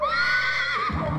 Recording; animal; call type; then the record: contact call of a hoofed animal; horse; whinny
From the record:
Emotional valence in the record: positive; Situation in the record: reunion with the whole group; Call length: 1.19 s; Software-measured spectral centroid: 2050 Hz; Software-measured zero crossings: 2840 a second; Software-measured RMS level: -24 dBFS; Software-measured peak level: -12 dBFS